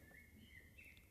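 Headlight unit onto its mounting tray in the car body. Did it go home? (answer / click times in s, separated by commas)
no / none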